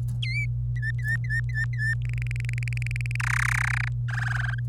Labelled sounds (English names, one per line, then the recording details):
Domestic Canary song
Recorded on 25 April 2018 at 17:47
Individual llb3